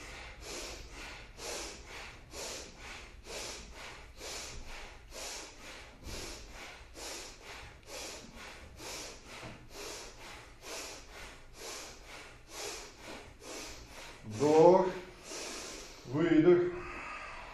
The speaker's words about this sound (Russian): Сердечный центр, представьте себе, что у вас там вот паровоз такой здесь, вот он будет пыхтеть здесь. Поехали, бхастрику.